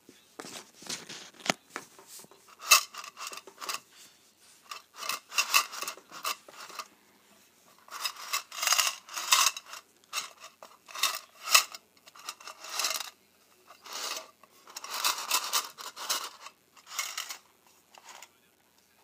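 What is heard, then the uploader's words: Paperclips and safety pins are handled in irregular bursts of small metallic clinks, scrapes and rattles, with short pauses between clusters. The sounds are bright and thin, mostly sharp ticks and light jingling, denser around the middle and near the end. ASMR Paperclips and Safety Pins.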